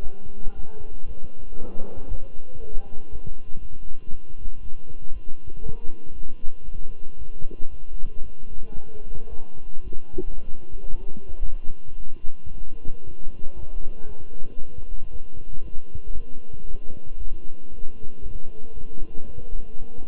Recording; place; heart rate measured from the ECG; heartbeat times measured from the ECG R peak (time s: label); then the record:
heart sounds by stethoscope; between the tricuspid and mitral areas; 115 bpm
0.02 s: heartbeat
0.55 s: heartbeat
1.07 s: heartbeat
1.58 s: heartbeat
2.09 s: heartbeat
2.60 s: heartbeat
3.11 s: heartbeat
3.60 s: heartbeat
4.10 s: heartbeat
4.61 s: heartbeat
5.12 s: heartbeat
5.62 s: heartbeat
6.13 s: heartbeat
6.65 s: heartbeat
7.17 s: heartbeat
7.70 s: heartbeat
8.22 s: heartbeat
8.74 s: heartbeat
9.29 s: heartbeat
9.83 s: heartbeat
10.36 s: heartbeat
10.90 s: heartbeat
11.44 s: heartbeat
11.98 s: heartbeat
12.51 s: heartbeat
13.04 s: heartbeat
13.55 s: heartbeat
14.07 s: heartbeat
14.59 s: heartbeat
15.11 s: heartbeat
15.62 s: heartbeat
16.13 s: heartbeat
16.65 s: heartbeat
17.18 s: heartbeat
17.70 s: heartbeat
18.22 s: heartbeat
18.73 s: heartbeat
19.25 s: heartbeat
19.78 s: heartbeat
From the record:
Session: walking at 3.7 km/h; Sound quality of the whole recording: good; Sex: male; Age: 23 years